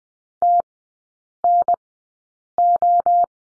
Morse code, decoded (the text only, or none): TNO